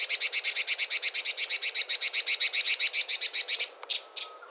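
Long-tailed tit giving a rapid, even series of high, thin notes for nearly four seconds, then two brief separate calls.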